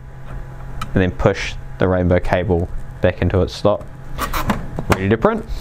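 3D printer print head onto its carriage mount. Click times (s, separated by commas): 0.8 s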